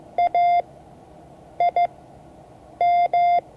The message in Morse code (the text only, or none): AIM